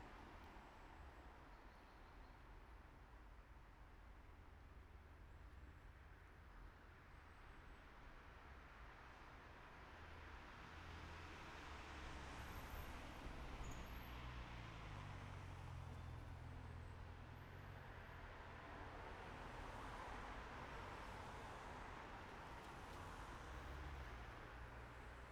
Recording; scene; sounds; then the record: everyday scene through a hearing-aid microphone; in traffic; traffic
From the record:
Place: main road on the outskirts, rush hour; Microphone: behind the ear, right, front